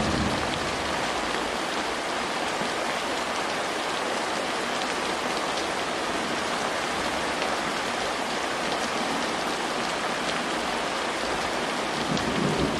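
Steady, dense rain hisses evenly throughout, a bright unbroken wash of drops with faint scattered taps and no clear pauses or changes.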